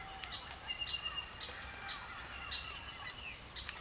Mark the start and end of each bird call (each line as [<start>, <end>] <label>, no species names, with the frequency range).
[0.00, 3.81] bird call (0.6-2.7 kHz)